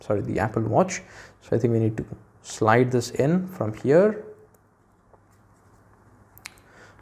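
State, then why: Seated. Someone talks while sliding a silicone strap into the band slot on the side of a blue 44mm aluminium Apple Watch Series 6 case. After a quiet stretch, a sharp double click sounds at 6.4 and 6.5 seconds as the strap seats in the slot.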